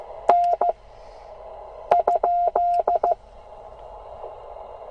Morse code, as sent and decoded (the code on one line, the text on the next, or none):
-. / ..--..
N ?